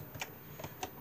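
A snap-on presser foot is handled beneath the presser foot holder of a sewing machine, giving short, sharp ticks near 0.2 s and 0.8 s and a softer one near 0.6 s. The foot has not seated or clicked into place yet.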